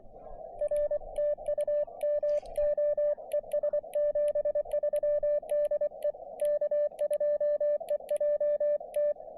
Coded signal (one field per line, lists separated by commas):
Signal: Morse code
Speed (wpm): 23 wpm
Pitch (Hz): 590 Hz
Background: none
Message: R TU MO ES 73 DE K2EJT